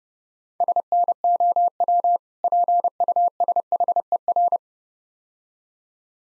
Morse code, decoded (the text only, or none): SNOW PUSHER